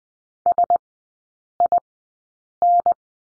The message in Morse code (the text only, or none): SIN